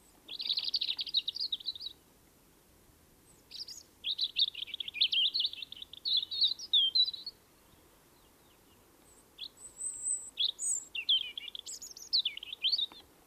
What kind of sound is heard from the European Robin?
song